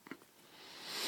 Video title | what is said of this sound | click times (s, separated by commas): iPhone screen swap | And you'll know when they line up because it'll sit in. You'll feel a pop. | 0.1 s